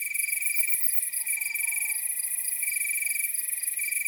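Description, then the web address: Crickets chirping in a steady high-pitched chorus, with intermittent trilled bursts over a constant shrill insect hum. Nocturnal wasteland soundscape at night. "Nature Chill Out 2014. Toads, Nighthawks and Crickets"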